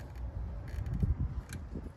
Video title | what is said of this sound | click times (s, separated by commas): Honda Pilot Alternator Replacement and Diagnosis | There it goes. I heard the click. | 1.5 s